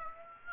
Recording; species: mosquito wingbeat signal from an infrared sensor; Aedes aegypti